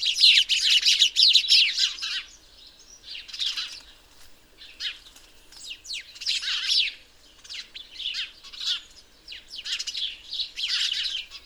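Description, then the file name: House sparrow chirping, a loud burst of rapid chirps at first, then shorter clusters of chirps separated by brief pauses. "Passer domesticus"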